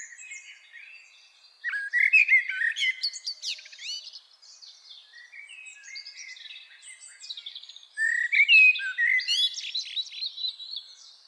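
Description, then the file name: Common blackbird singing two rich phrases about six seconds apart, each a mellow warble breaking into high scratchy twitters, with faint chirping in the gaps. "Turdus merula"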